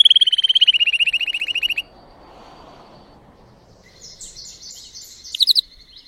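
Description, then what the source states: Canary (Spanish Timbrado): canary song: a short, fast descending trill, then low background noise and a few scattered chirps near the end. Song of a Spanish Timbrado canary, called 'canário belga' in the Portuguese source.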